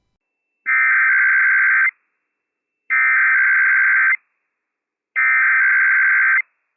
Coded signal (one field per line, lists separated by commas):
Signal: Emergency Alert System (SAME) tones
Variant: header bursts